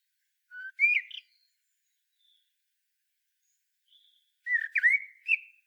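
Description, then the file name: Common blackbird with short warbling phrases: a low whistle rising into a twitter, a pause, then a fluty run with a scratchy tail. "Turdus merula"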